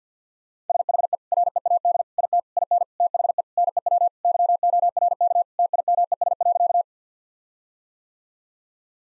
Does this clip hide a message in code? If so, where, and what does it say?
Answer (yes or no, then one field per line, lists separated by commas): yes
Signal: Morse code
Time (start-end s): 0.7-6.8 s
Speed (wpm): 50 wpm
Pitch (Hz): 700 Hz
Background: none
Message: SHE READ IT IN THE NEW YORK TIMES.